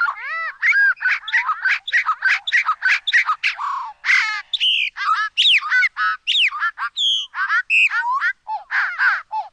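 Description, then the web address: Bobolink song, a long rollicking jumble of rapid metallic, bubbling notes that leap up and down in pitch. "Songs of Birds of North America Know Your Bird Sounds Common Western Species. Bobolink"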